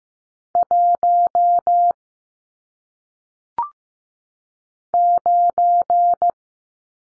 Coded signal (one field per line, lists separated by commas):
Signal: Morse code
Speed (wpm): 15 wpm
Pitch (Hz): 700 Hz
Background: none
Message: 1 9